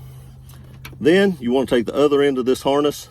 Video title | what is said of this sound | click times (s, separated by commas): Jeep Wrangler JK Remote Start So Easy Even I Can Do It | stick it in until you hear the click then | 0.9 s